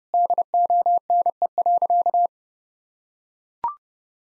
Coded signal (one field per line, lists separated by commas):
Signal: Morse code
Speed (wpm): 30 wpm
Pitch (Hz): 700 Hz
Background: none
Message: DONE.